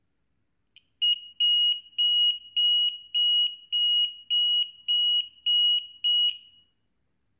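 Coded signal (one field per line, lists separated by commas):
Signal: none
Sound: buzzer intermittent beeping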